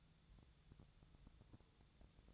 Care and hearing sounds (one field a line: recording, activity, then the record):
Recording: daily activity, microphone in the room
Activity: take from stove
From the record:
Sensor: 3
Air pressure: 999.3 hPa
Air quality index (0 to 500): 196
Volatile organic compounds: 43 ppm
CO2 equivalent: 3193 ppm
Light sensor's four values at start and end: 7/17/7/7 and 7/17/7/7